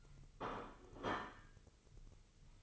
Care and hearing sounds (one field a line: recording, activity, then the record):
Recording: daily activity, microphone in the room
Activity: place plate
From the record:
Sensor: 4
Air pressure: 1008.3 hPa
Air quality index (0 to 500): 79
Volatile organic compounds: 1 ppm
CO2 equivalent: 642 ppm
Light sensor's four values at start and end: 12/28/11/11 and 12/28/11/11